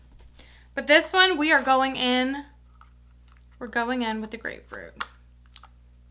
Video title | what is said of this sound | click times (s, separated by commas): SEPHORA HAUL & REVIEW OF THE BEST & WORST MAKEUP & SKINCARE - + HOLIDAY GIFT SETS FROM LOOKFANTASTIC | i heard it click | 5.6 s